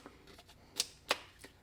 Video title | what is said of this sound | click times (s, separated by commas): Ryobi FVB03 4V 3aH Battery | Pops right in, | 0.8 s, 1.1 s